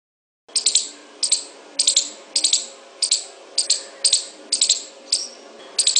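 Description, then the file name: Squirrel giving a rattling chatter: dry, high clicks in short clusters, coming at nearly two per second after a brief silent start. "suara bajing. omkicau"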